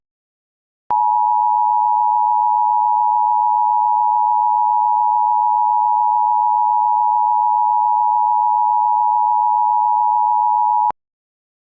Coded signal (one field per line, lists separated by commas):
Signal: Emergency Alert System (SAME) tones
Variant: 853 and 960 Hz attention tone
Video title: EAS simulacion - ALERTA DE TORNADO PDS para DeKalb, Illinois. Prueba de fuente de texto VCR EASyIPTV